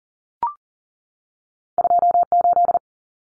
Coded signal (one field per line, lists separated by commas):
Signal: Morse code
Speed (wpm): 40 wpm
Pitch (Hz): 700 Hz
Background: none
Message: 28